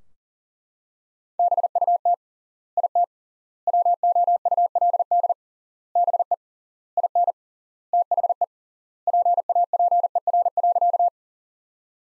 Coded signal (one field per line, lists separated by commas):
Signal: Morse code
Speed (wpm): 40 wpm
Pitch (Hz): 700 Hz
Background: none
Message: BUT IT WOULD BE IN THE PAPER.